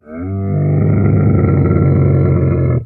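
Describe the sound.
Camel giving a long, deep, rumbling grunt with a throaty roar, steady and sustained for nearly three seconds, rising in at the start and stopping abruptly.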